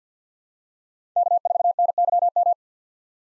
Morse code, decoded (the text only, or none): K4NYM